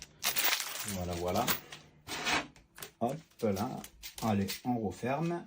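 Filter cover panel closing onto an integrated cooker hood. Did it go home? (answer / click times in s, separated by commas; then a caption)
no / none. Someone talks while handling the filter cover panel of a FIREGAS 52cm integrated, built-in cooker hood extractor fan (350 m³/h, brushless motor), closing it after the carbon filters have been fitted. Brief handling knocks are heard around 2.6 s and 2.8 s between the speech. Nothing has seated or clicked yet; the panel is not yet home when the clip ends.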